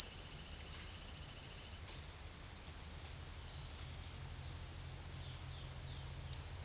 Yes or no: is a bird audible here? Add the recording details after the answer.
no. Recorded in secondary vegetation near Puerto Asís, Putumayo, Colombia, on 30 June 2025 at 11:30. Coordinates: 0.498, -76.327. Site GP09